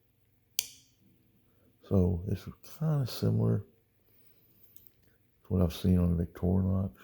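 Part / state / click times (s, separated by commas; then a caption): folding blade lock in a pocket multitool handle / seated / 0.6 s. A folding blade on a Leatherman PST Pocket Survival Tool multitool is moved into position, and the lock latching mechanism at the bottom of the handle engages with a single sharp, loud click at 0.6 s, locking the blade into place. After a quiet pause, someone talks.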